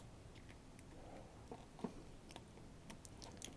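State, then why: Not seated. A wire terminal pin is being worked toward a plastic weatherproof connector housing for a Metalcloak taillight on the driver's side of a Jeep TJ. Soft handling scrapes and small ticks are heard, with a brief sharp tick near 3.4 s. The terminal has not seated or clicked into the housing yet.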